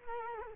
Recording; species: mosquito wingbeat signal from an infrared sensor; Culex quinquefasciatus